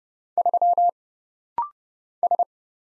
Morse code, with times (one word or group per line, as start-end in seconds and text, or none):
0.4-0.9 3
2.2-2.4 S